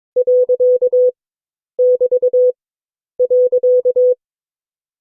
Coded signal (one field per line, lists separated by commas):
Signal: Morse code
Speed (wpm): 22 wpm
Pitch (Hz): 500 Hz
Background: none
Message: .<BT>.